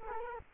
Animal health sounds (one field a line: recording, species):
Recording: mosquito wingbeat signal from an infrared sensor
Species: Culex quinquefasciatus